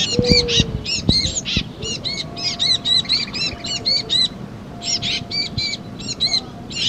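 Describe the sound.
Titmouse calls, rapid runs of short, high, arched notes in quick bursts with short pauses, plus a low hum and a few soft thuds beneath.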